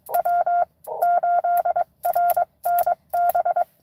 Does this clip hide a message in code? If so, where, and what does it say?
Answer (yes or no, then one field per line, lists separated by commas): yes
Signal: Morse code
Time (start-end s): 0.1-3.6 s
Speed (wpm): 22 wpm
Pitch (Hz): 690 Hz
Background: none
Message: W8RNB